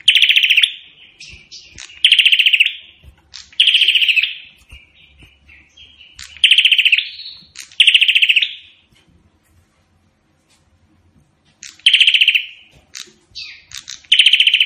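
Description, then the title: Prinia singing a long run of staccato high trills, seven short bursts with a quiet pause midway, with faint soft chirps between them. Prenjak singing in full voice ('gacor'), in the song style called 'Suara Tembakan Ak-47' (AK-47 gunfire sound). "Burung Prenjak Gacor Suara Tembakan Ak-47"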